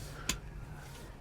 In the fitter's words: back on here and it snaps back in place